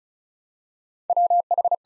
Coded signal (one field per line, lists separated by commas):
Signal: Morse code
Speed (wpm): 34 wpm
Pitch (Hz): 700 Hz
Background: none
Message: WH